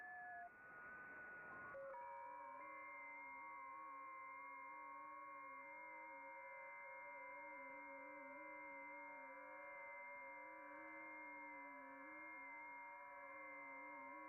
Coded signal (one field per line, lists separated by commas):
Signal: FT8